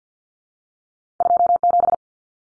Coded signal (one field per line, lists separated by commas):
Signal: Morse code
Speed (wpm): 50 wpm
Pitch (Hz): 700 Hz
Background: none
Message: 27